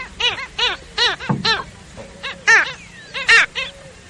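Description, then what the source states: Black skimmer barking calls, a series of short nasal yelps, some doubled, coming in uneven bursts. Brazil.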